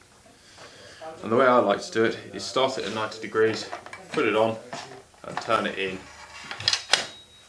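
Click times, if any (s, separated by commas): 6.7 s, 6.9 s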